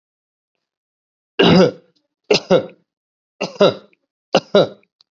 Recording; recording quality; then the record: shallow voluntary cough; excellent, no background noise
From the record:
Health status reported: healthy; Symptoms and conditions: none ticked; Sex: male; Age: 41 years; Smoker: not ticked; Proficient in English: yes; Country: India